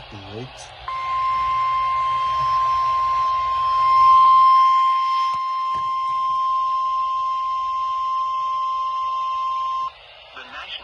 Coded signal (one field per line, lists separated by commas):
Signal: Emergency Alert System (SAME) tones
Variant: 1050 Hz attention tone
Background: speech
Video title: OH GREAT ONLY ONE FOR SVR... EAS Alerts from 7/12/25 (EAS#4,279 - #4,294)